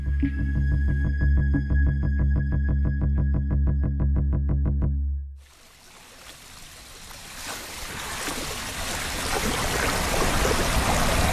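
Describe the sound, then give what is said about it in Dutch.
Underwater sound in the pool of the Koning Willem-Alexander Bad in Hoofddorp during synchronized swimming training, picked up by a hydrophone: a steady, loud low hum with layered overtones, then an abrupt cut to dense, hissing, churning water noise that swells gradually. “Een hydrofoon is een microfoon, maar dan voor onder water.”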